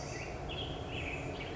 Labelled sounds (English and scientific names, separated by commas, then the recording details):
Black-headed Grosbeak (Pheucticus melanocephalus)
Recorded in Sonoma County, California